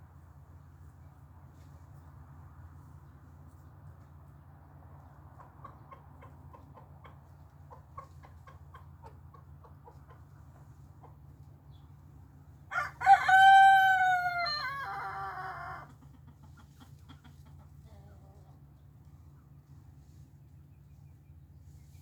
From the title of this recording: Four Roosters Crowing